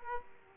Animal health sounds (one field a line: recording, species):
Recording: mosquito wingbeat signal from an infrared sensor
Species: Aedes aegypti